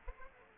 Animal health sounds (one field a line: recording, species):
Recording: mosquito wingbeat signal from an infrared sensor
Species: Aedes aegypti